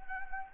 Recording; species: mosquito wingbeat signal from an infrared sensor; Anopheles gambiae